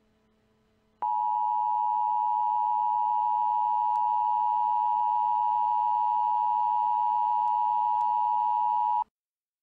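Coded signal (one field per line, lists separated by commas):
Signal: Emergency Alert System (SAME) tones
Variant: 853 and 960 Hz attention tone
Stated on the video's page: Fictional EAS mock based on a cartoon, declaring emergencies in California cities including a fictional one.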